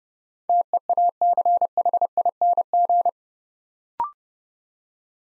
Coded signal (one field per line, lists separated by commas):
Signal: Morse code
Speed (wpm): 29 wpm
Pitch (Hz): 700 Hz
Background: none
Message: TEACHING